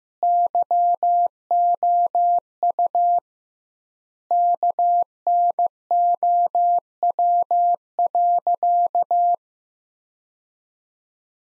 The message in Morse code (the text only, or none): YOU KNOW.